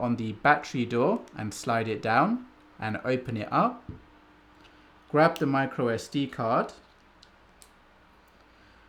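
Someone talks while preparing a plastic micro SD card to go into the card slot of an Insta360 X6 360 camera, then two short, faint ticks sound at about 7.2 and 7.6 seconds as the card is handled. The card has not yet been inserted, and nothing has seated or clicked.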